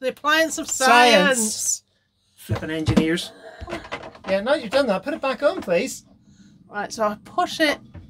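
A removed snap-on fitting on a boat is being handled so it can be pushed down into its mounting holder and snapped back on instead of being bolted. Two people talk throughout, with brief handling knocks around 3.9 and 4.2 seconds. Nothing has seated or clicked yet by the end of the clip.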